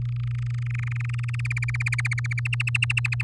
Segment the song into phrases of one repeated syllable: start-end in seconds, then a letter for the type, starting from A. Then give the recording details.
0.02-1.41 A, 1.45-2.40 B, 2.45-3.22 C. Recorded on 6 May 2018 at 06:27. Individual llb16